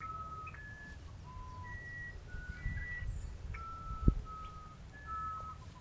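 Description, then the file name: Musician wren: a slow series of sustained, pure whistled tones stepping up and down in pitch, with one sharp knock near the end and a low rumble throughout. "uirapuru"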